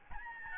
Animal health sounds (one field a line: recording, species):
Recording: mosquito wingbeat signal from an infrared sensor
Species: Aedes albopictus